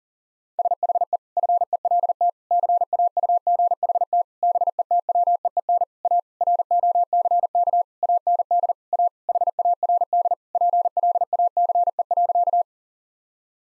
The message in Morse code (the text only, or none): SHE FELT CAUGHT BETWEEN A ROCK AND A HARD PLACE.